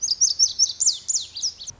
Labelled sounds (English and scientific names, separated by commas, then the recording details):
Lazuli Bunting (Passerina amoena)
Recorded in Sonoma County, California